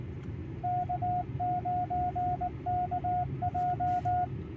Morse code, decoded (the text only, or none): K9KJ